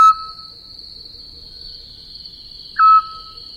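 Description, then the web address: Eurasian scops owl making single soft whistled notes, one cut off at the start and another near the end, with a constant shrill insect hum behind. "sova splyushka"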